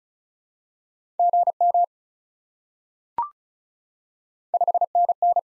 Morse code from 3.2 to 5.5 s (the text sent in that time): 5NN